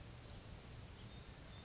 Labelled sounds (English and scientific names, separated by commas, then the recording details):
Western Flycatcher (Empidonax difficilis)
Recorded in Sonoma County, California